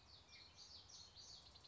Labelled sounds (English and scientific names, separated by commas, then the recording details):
Common Yellowthroat (Geothlypis trichas)
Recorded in Sonoma County, California